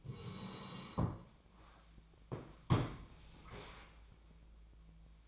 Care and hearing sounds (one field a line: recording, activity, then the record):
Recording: daily activity, microphone in the room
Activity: sit down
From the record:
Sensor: 1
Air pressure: 1000.5 hPa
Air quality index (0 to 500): 176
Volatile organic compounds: 4 ppm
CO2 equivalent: 1626 ppm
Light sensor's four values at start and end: 14/32/14/16 and 14/32/14/16